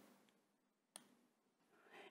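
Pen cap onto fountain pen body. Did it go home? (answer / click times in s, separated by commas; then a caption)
yes / 1.0 s. A cap is pushed onto a metal Lamy 2000 fountain pen until the two small protrusions on its section snap into the cap. A single sharp click is heard at 1.0 s against quiet handling noise. The cap is seated and closed.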